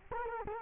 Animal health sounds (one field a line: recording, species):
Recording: mosquito wingbeat signal from an infrared sensor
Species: Culex quinquefasciatus